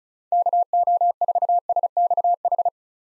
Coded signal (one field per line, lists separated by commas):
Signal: Morse code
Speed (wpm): 34 wpm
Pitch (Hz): 700 Hz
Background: none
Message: KO4SXH